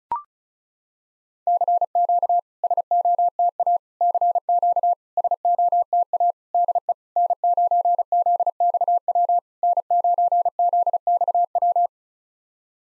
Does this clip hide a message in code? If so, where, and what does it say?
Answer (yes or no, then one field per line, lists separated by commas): yes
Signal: Morse code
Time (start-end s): 1.5-11.9 s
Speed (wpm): 37 wpm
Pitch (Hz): 700 Hz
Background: none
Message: CQ SOTA CQ SOTA DE N9ZXW N9ZXW